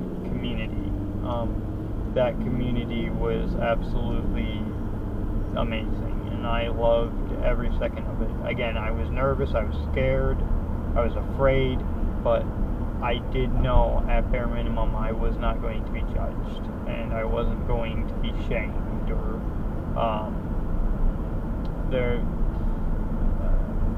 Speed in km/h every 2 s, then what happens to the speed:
40, 48, 53, 58, 60, 63, 63, 64, 64, 64, 66, 66.
0-10 speeds up to 63. 10-24 steady at about 64.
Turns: none.